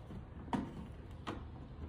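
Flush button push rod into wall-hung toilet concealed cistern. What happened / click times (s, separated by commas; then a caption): The push rod twist-locked into its fitting / 0.5 s. A flush button push rod is pushed fully into the fitting of a wall-hung toilet's concealed cistern and twisted to lock. A sharp click sounds at 0.5 s, followed by a softer tap at 1.3 s. The rod is confirmed locked in place and will not come out.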